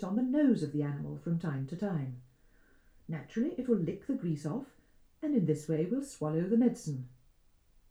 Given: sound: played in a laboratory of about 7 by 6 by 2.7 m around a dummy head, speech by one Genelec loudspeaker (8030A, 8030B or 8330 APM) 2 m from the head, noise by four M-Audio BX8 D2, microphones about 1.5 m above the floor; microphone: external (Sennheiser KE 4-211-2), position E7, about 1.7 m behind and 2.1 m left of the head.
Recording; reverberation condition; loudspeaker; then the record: female speech in English; low; 120 degrees to the left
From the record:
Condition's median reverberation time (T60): about 310 ms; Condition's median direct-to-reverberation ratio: about 3.5 dB